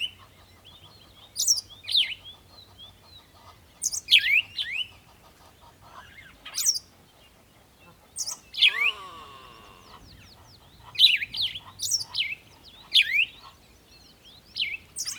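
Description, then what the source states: Bird calls: high sharp downslurred chirps in irregular bursts, a brief harsh buzzy call midway, and a faint low hum in the background. At a water hole in the early morning, bird close.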